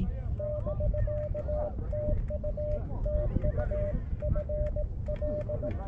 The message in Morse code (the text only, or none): <BK> TU TU FL